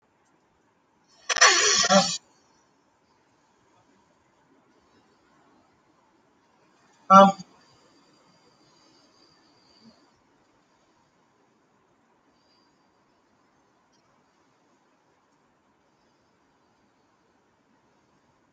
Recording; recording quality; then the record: deep breathing; moderate, slight background noise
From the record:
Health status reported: healthy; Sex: male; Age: 25 years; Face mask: not worn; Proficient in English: yes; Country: India